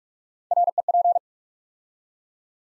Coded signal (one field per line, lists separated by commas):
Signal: Morse code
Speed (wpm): 44 wpm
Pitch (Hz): 700 Hz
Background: none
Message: REP